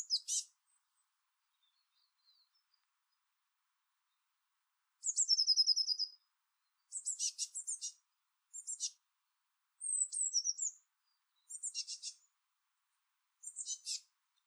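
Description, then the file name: Eurasian blue tit giving very high notes: a short trill among several scratchy, buzzy bursts separated by pauses. "Cyanistes caeruleus"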